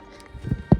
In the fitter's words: Very simple, just snap locks into place.